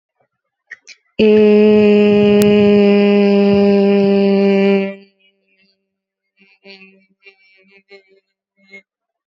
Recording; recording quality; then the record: sustained vowel as in made; excellent, no background noise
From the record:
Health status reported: healthy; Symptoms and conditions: none ticked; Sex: female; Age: 21 years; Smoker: not ticked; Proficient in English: yes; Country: India